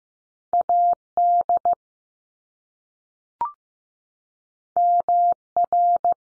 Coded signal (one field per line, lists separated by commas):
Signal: Morse code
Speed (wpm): 15 wpm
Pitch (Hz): 700 Hz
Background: none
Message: A D M R